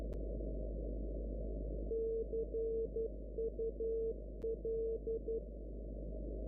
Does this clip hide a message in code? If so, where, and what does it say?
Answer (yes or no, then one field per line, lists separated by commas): yes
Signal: Morse code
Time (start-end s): 1.9-5.4 s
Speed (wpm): 12 wpm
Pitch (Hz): 450 Hz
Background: none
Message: CUL